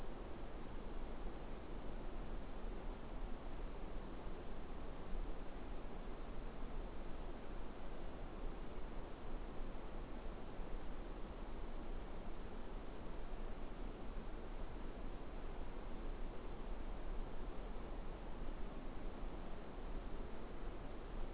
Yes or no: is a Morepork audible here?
no